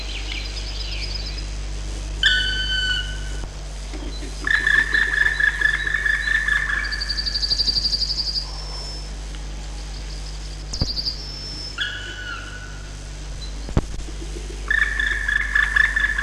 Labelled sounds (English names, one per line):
Black Woodpecker